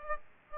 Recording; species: mosquito wingbeat signal from an infrared sensor; Aedes aegypti